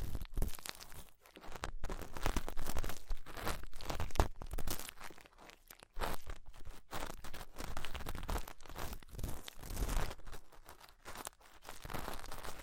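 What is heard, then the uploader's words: Ear cleaning sounds: dense, scratchy crackling and crinkling that fills the whole clip, full and bright with a rough, papery edge. Quick stops break it up irregularly, roughly every second, with short quieter dips near five and eleven seconds. ASMR Deep Ear Cleaning Session.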